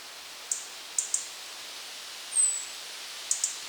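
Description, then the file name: European robin uttering scattered sharp tick notes, singly and in pairs, with one thin high falling whistle in the middle, against a quiet hissing background. "Erithacus rubecula"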